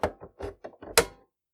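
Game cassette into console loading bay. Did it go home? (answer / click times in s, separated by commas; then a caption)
yes / 1.0 s. A plastic game cassette is pressed down into a console's loading bay, with a series of short knocks and rattles from about 0.0 to 0.9 s. A sharp, loud click at 1.0 s marks the mechanical latch catching, and the cassette is seated in place.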